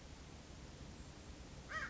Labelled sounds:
American Crow (Corvus brachyrhynchos)
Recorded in Sonoma County, California

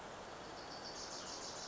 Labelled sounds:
Wilson's Warbler (Cardellina pusilla)
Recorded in Sonoma County, California

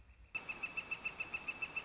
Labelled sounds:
Northern Flicker (Colaptes auratus)
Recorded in Sonoma County, California

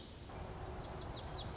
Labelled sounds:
Lazuli Bunting (Passerina amoena)
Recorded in Sonoma County, California

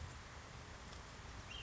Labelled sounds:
Ash-throated Flycatcher (Myiarchus cinerascens)
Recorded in Sonoma County, California

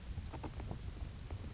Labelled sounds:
Anna's Hummingbird (Calypte anna)
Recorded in Sonoma County, California

